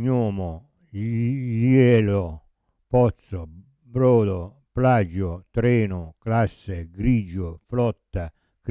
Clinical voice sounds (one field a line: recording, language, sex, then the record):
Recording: read list of words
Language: Italian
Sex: male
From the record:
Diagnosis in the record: Parkinson's disease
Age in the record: 70 years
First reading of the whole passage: 65 s, 7.9 characters per second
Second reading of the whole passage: 60 s, 8.6 characters per second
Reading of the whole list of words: 48 s, 5.8 characters per second